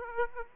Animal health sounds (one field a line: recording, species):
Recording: mosquito wingbeat signal from an infrared sensor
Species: Aedes aegypti